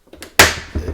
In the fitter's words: clicks and locks into place there